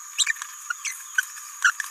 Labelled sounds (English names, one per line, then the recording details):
Green-rumped Parrotlet babbling
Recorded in a nest box in Venezuela
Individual 18B17A3